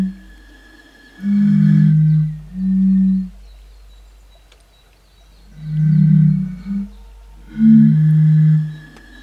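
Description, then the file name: European fire-bellied toads calling together, low overlapping hooting notes in clusters separated by quiet pauses. "cnv 08-henrik olsson anders dahl - bombina bombina"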